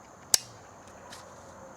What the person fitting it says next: that's locked in full battery position.